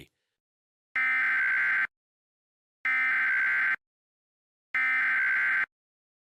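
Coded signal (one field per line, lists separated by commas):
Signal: Emergency Alert System (SAME) tones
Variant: header bursts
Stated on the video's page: Fictional scenario alert for a nuclear missile attack on Hawaii; the tones are stated to be valid EAS tones.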